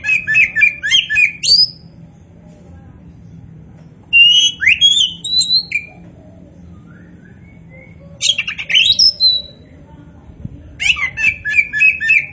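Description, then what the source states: Oriental magpie-robin song: four bursts of rapid, varied whistles and buzzy chattering notes, each lasting one to two seconds, separated by quiet pauses. Local Indonesian name kacer poci, a magpie-robin variety; described as gacor, singing vigorously and continuously.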